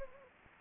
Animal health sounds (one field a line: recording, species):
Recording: mosquito wingbeat signal from an infrared sensor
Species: Anopheles gambiae